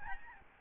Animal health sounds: mosquito wingbeat signal from an infrared sensor; Aedes albopictus

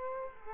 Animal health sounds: mosquito wingbeat signal from an infrared sensor; Culex quinquefasciatus

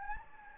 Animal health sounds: mosquito wingbeat signal from an infrared sensor; Anopheles gambiae

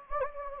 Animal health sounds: mosquito wingbeat signal from an infrared sensor; Anopheles gambiae

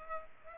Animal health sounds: mosquito wingbeat signal from an infrared sensor; Culex pipiens

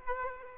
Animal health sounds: mosquito wingbeat signal from an infrared sensor; Aedes aegypti

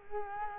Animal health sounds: mosquito wingbeat signal from an infrared sensor; Culex quinquefasciatus

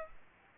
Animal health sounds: mosquito wingbeat signal from an infrared sensor; Aedes aegypti

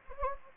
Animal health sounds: mosquito wingbeat signal from an infrared sensor; Anopheles gambiae

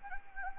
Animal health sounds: mosquito wingbeat signal from an infrared sensor; Anopheles gambiae

